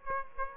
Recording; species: mosquito wingbeat signal from an infrared sensor; Aedes aegypti